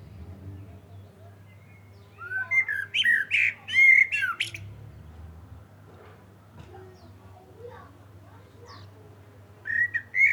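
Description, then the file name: Common blackbird singing one mellow whistled warble that breaks into high, thin twittering notes, then a long pause before the next phrase begins. "Turdus merula"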